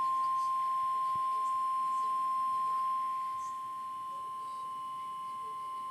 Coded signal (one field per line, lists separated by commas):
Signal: Emergency Alert System (SAME) tones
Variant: 1050 Hz attention tone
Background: speech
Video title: CENTRAL OHIO FLOODS (EAS 108-113)